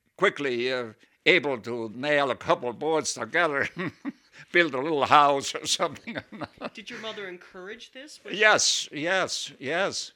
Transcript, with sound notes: quickly able to nail a couple of boards (he laughs) build a little house, or something. (he laughs)
Did your mother encourage this with you?
Yes, yes, yes.